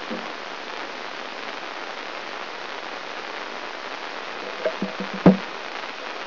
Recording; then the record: brain microelectrode recording played as sound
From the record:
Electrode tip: inside the subthalamic nucleus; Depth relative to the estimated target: -2 mm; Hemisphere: right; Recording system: AlphaMap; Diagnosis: Parkinson's disease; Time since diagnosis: 26 years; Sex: female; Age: 68 years